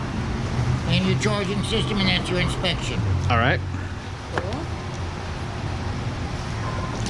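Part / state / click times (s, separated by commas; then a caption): charging-area cover or panel on an electric motorcycle / released / 4.4 s. A charging-area cover or panel on an electric motorcycle is released and pops open at 4.4 s, a short sharp click heard over steady low traffic-like rumble. Someone talks before the pop, and the cover lifts up.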